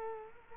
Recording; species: mosquito wingbeat signal from an infrared sensor; Culex quinquefasciatus